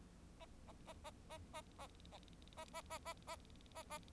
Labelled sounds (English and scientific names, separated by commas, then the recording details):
Bengalese Finch (Lonchura striata domestica) song
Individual Bird4